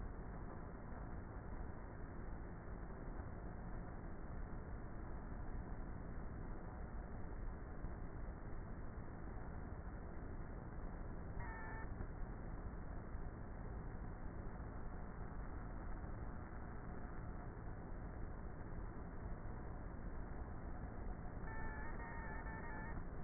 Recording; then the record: honeybee colony, microphone inside the hive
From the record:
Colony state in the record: queenless with a low population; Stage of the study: before two queens were removed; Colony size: about 30,000 bees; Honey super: no